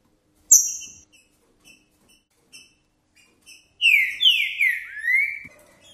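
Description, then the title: Green-winged saltator song: a sharp high note and soft chips, followed by a loud phrase of several descending slurred whistles, the last gently rising. Singing in a contest setting, with chirping and male display singing; the song style is called "perdi meu boi". "Piando, Cantando E Macheando Na DISPUTA. PERDI MEU BOI! Trinca Ferro CANTANDO e MACHEANDO!"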